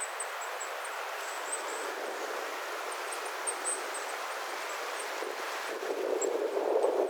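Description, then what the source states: Goldcrest calls: a run of very thin, high-pitched notes in a loose series over broad hissing background noise. Goldcrests, more than one, calling eagerly; 11 October 2025.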